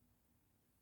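A plastic brick mudguard piece for the front of a toy off-road vehicle is handled and brought toward a plate it clips onto. Only a faint, steady low background hiss is heard with no distinct impacts. Nothing has seated or clicked yet.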